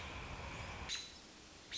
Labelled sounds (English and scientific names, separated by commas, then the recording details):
American Robin (Turdus migratorius)
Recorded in Sonoma County, California